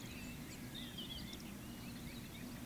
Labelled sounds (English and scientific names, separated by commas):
Eurasian Woodcock (Scolopax rusticola) whistle